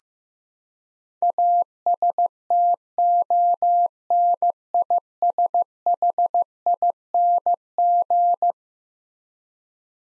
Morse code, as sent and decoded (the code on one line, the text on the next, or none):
.- ... - --- -. .. ... .... .. -. --.
ASTONISHING